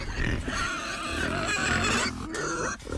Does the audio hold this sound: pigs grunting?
yes